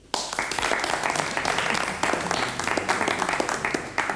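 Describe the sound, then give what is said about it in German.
An audience applauds steadily for guest speaker Monsignore Rodolfo Castellani, a dense wash of many hands clapping at once that holds a fairly even level for about four seconds after a sudden start. “Beifall für Monsignore Rodolfo Castellani.”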